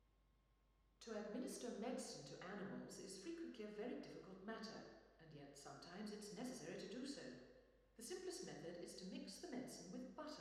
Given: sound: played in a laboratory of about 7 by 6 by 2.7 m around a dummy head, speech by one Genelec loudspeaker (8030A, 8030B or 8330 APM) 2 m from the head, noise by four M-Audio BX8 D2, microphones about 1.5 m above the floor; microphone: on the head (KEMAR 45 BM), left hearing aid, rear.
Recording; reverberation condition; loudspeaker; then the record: female speech in English; high; 90 degrees to the left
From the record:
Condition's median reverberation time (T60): about 1300 ms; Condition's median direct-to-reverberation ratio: about -4.0 dB